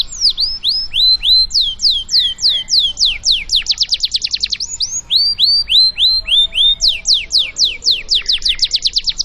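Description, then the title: Canary song of repeated sharp falling whistled notes, about three or four per second, speeding into quick trilled runs, with a soft low hum beneath. Canary singing vigorously (gacor) with long rolled trills (roll panjang), meant to prompt other canaries to answer at once. "LANGSUNG NYAUT GACOR DOR Kenari Manasaja, Dengan Kicau Kenari GACOR NGOTOT ROLL PANJANG"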